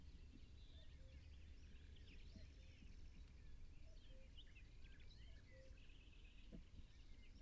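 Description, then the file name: Common nightingale song: varied, faint phrases of quick high notes and sweeps, mixed with short lower whistled notes, over a steady low rumble. "Luscinia megarhynchos"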